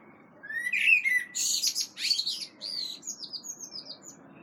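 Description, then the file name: Common blackbird calls: a rising squeaky note, then a run of high, thin chattering notes over a faint low hum. "Turdus merula"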